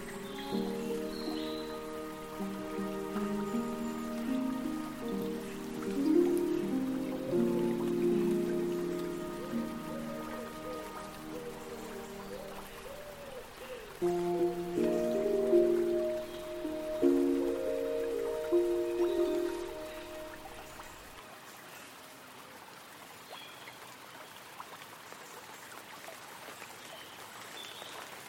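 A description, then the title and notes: Forest sounds with music: soft sustained tones and short melodic phrases move in the low-middle range for about twenty seconds, swelling around 14 to 18 seconds. Beneath them runs a steady patter like light rain, which is left alone after the music fades near 21 seconds. Elven cafe in the forest | relaxing fantasy harp | gentle water flowing | light raindrops. Gentle sound of running stream. Light raindrops on tree & umbrella. Forest sounds w/music.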